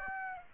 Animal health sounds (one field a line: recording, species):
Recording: mosquito wingbeat signal from an infrared sensor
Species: Aedes aegypti